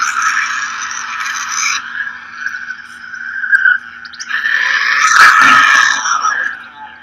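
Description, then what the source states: Tasmanian devil screeching: harsh, raspy prolonged screams in long noisy bursts, rising to a louder, rougher outburst near the end. Played recording of two animals confronting each other, described as terrifying.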